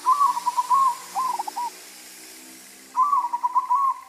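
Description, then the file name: Zebra dove cooing: a rapid stuttering trill of soft notes, a pause of over a second, then the trill again. White variety. "suara perkutut putih"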